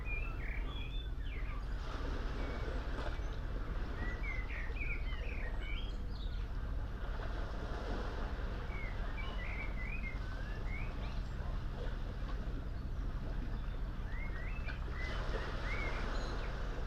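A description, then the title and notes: Early morning by a smooth sea below Nothe Fort, with a steady low rumble and wash filling the bottom throughout. Short chirping bird calls come in scattered clusters every second or two, and a soft hiss swells briefly around eight and fifteen seconds. Early morning below Nothe Fort. The sound-scene is of a smooth, sunrise sea, heard from a tree, growing up out of a bundle of boulders, close to the water's edge. It's early April, and just after daybreak.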